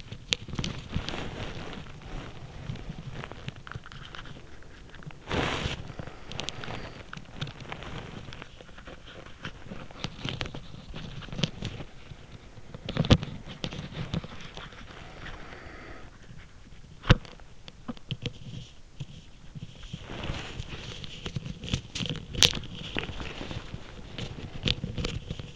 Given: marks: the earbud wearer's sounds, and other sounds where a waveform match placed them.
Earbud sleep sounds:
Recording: sounds in sleep by an in-ear microphone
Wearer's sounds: body movement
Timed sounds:
0.00-25.55 s: body movement

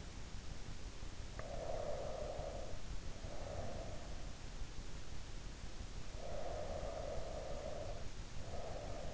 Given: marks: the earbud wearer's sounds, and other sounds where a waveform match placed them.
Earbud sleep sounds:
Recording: sounds in sleep by an in-ear microphone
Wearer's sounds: breath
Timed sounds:
1.15-4.24 s: breath
6.05-9.14 s: breath

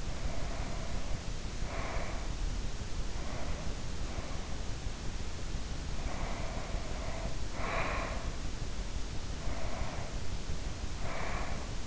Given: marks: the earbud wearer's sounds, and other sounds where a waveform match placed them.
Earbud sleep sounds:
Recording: sounds in sleep by an in-ear microphone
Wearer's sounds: breath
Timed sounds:
0.00-2.48 s: breath
3.04-5.08 s: breath
5.93-8.63 s: breath
9.19-11.87 s: breath

